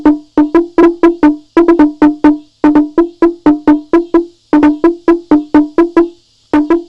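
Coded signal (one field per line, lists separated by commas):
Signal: talking drum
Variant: Kimanga language, slit drum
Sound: resonant wooden drum strokes in quick rhythmic phrases separated by short pauses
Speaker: so this drum message says don't forget that promise come quickly to the house of god well you'll perhaps like to hear that full message so here it is you'll have to take my word for it but this is this is what the message sounds like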